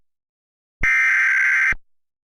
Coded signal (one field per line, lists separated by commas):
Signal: Emergency Alert System (SAME) tones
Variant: header bursts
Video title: unfinished eas scenario: Artificial Terror